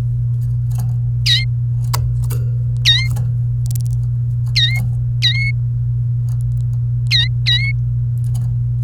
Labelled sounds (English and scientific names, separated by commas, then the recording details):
Domestic Canary (Serinus canaria) song
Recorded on 29 April 2018 at 09:03
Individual llb3